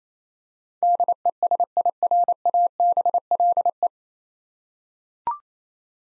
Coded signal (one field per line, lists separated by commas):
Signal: Morse code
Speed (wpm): 28 wpm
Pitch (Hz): 700 Hz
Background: none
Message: DESIRABLE